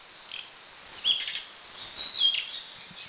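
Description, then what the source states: Tickell's blue flycatcher giving high, thin, sweet notes in two short bursts. Recorded in Mishmi, India.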